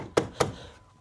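A plastic interior trim cover is pushed back into the rear tail light access panel of a 2024 Honda Civic Type R after fitting LED rear turn signal bulbs, with its tabs set in first. Two sharp snaps at 0.2 s and 0.4 s mark the clips seating, followed by a quiet tail. The cover is fully seated and tight.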